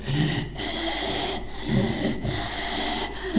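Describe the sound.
A voice imitates raspy, wheezing breathing: about four rough, noisy breaths in a steady rhythm, each with a harsh rattling texture, separated by brief pauses, with no words spoken.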